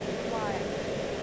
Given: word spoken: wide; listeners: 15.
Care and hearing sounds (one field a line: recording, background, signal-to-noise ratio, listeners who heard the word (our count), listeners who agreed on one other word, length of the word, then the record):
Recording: one English word in noise, from a listening test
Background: speech-shaped noise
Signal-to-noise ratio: -6.4 dB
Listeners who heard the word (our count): 0 of 15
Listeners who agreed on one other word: 8 of 15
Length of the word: 0.83 s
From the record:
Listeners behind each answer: 8, 3, 1, 1, 1, 1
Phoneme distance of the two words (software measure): 24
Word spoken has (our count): 1 syllable, 3 phonemes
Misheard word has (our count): 2 syllables, 5 phonemes, stress on syllable 1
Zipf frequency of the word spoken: 4.73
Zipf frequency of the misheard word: 4.86